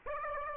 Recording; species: mosquito wingbeat signal from an infrared sensor; Aedes aegypti